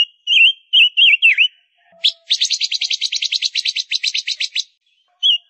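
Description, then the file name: Gouldian finch song: a few short warbled whistles, a brief click, then a rapid buzzy trill of repeated notes lasting about two seconds, ending with one more whistled note. Female bird singing. "Tieng chim ngu sac mai hot"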